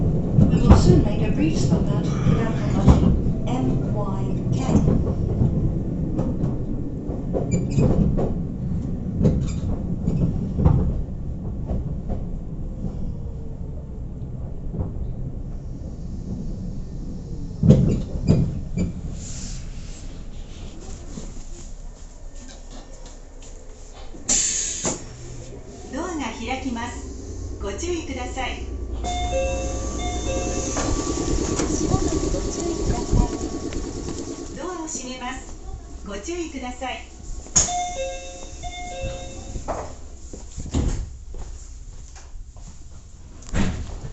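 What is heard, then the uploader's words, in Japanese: A commuter train's motor whine as it pulls away, heard from inside a car. Low rumble and clatter fill the first fifteen seconds, then from about twenty-five seconds thin, stepped electronic tones climb and shift above the quieter running noise, with brief chime-like notes around thirty to thirty-eight seconds. 名古屋鉄道 豊田線 猿投→梅坪→赤池。やってきたのは地下鉄の車両なので発車の時のＶＶＶＦ音が特徴的なのがわかります。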